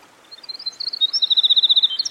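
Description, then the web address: Winter wren song fragment: a few thin, high twitters build into a rapid, evenly pulsed trill of bright notes, with a faint hiss underneath. Singing by a stream. "Dan Gibson Songbirds By The Stream. Winter Wren"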